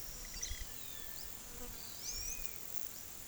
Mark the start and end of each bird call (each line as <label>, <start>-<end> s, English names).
Roadside Hawk, 0.43-1.15 s
Palm Tanager, 1.96-2.40 s
Rusty-margined Flycatcher, 2.04-2.62 s